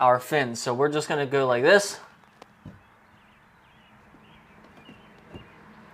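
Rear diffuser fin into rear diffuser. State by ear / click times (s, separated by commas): seated / 2.4 s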